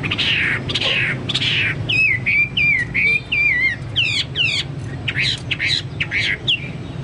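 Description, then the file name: Chinese hwamei song: harsh rushing notes followed by clear looping whistles and quick downward slurs, repeated in short varied phrases. "hwamei-2-omkicau"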